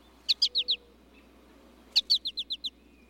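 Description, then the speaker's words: American Goldfinch flight calls: two quick bursts of four to six high, sweet notes in a bouncy stuttering series, separated by a second-long pause, over quiet background. Male giving a contact call in flight to tell the flock he is still with the group; contact calls keep birds together while foraging or traveling. "This American goldfinch makes a flight call to let the flock know he's still with the group."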